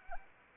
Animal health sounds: mosquito wingbeat signal from an infrared sensor; Anopheles arabiensis

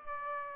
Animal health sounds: mosquito wingbeat signal from an infrared sensor; Aedes aegypti

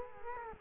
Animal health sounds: mosquito wingbeat signal from an infrared sensor; Culex quinquefasciatus

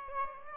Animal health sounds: mosquito wingbeat signal from an infrared sensor; Aedes albopictus

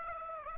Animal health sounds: mosquito wingbeat signal from an infrared sensor; Aedes aegypti

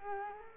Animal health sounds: mosquito wingbeat signal from an infrared sensor; Culex quinquefasciatus

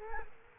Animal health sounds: mosquito wingbeat signal from an infrared sensor; Culex quinquefasciatus

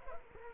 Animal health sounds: mosquito wingbeat signal from an infrared sensor; Culex quinquefasciatus

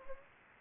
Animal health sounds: mosquito wingbeat signal from an infrared sensor; Anopheles gambiae

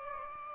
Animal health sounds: mosquito wingbeat signal from an infrared sensor; Aedes aegypti

